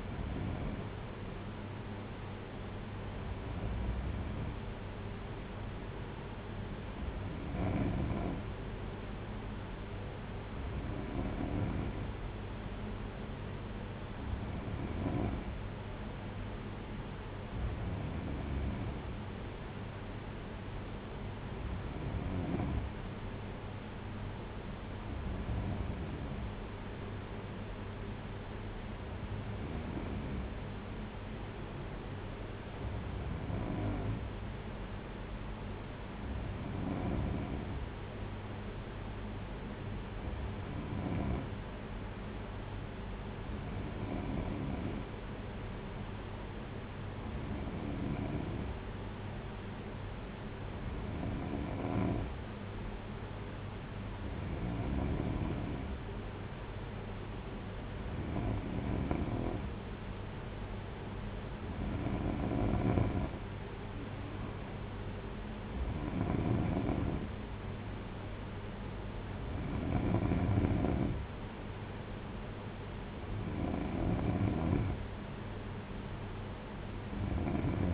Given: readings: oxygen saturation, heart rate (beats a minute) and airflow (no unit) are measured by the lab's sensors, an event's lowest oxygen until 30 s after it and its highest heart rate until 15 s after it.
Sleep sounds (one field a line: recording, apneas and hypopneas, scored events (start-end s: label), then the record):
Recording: breathing in sleep by a voice recorder at the bedside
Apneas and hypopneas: none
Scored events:
none scored
From the record:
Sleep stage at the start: N2 (light sleep)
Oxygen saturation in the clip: 93 to 94%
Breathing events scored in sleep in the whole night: 226 in 8.8 hours asleep